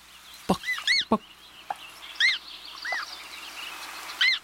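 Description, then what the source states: American Coot calls: several short arched, nasal notes rising and falling, spaced irregularly, with a few sharp clicks and soft background noise. A chick and its parent on water; the adult's call can be heard, rendered as 'buck, buck'.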